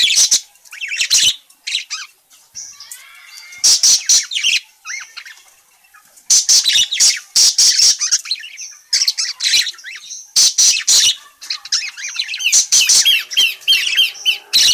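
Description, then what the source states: Parakeet squawks and chatters in dense runs of scratchy, high chirps, with a few thin whistled notes and quieter twittering in between. Parakeet described as gacor (very vocal, chatty), calling.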